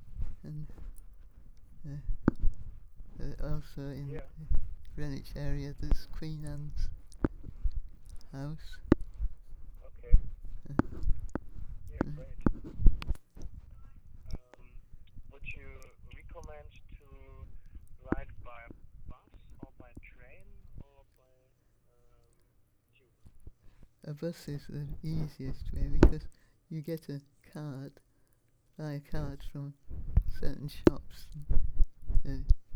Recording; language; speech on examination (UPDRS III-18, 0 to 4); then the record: conversation on a phone call; English; 2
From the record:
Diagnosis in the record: Parkinson's disease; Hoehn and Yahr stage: 3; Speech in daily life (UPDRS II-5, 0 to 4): 2